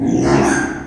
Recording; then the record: squeal of a Yucatan mini pig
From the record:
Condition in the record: after surgery on the right vocal fold (resection and tissue-engineered implant); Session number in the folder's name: 3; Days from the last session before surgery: 33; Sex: male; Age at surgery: 12 weeks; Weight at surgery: 13 kg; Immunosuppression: cyclosporine, prednisolone